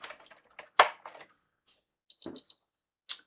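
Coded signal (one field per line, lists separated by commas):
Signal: beep code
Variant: Sony PS5 console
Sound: clunks and clicks, then a fast burst of about three or four high beeps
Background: handling noise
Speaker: beeps, okay. I believe that is usually some kind of BIOS issue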